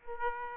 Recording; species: mosquito wingbeat signal from an infrared sensor; Aedes aegypti